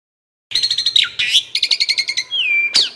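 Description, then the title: Asian pied starling: after a moment of silence, an Asian pied starling bursts into fast stuttered notes, a long falling whistle, then a final harsh note. Bird-training masteran recording meant to stimulate birds that sing too little and are listless. "Masteran Jalak Suren"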